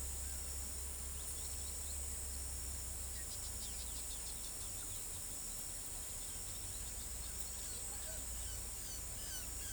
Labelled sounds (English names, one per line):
none